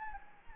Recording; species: mosquito wingbeat signal from an infrared sensor; Anopheles gambiae